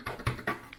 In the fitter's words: and then it clicks into place just like that